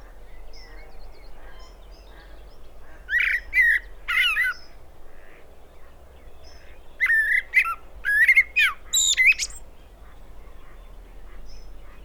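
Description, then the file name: Common blackbird song: soft opening notes, then a mellow warbled phrase with high squeaks, followed by a longer, busier phrase of fluty slurs. "Turdus merula"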